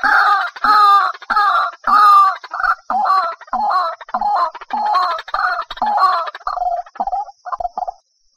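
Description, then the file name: White-breasted waterhen calling: loud, harsh, croaking notes with a doubled, warbling quality, repeated in a rapid series that slows and fades toward the end. "Tieng chim quoc keu"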